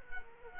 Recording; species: mosquito wingbeat signal from an infrared sensor; Culex quinquefasciatus